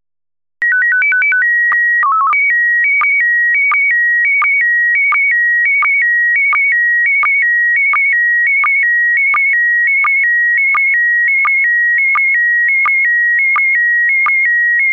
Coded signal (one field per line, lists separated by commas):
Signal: SSTV (slow-scan television)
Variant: PD 90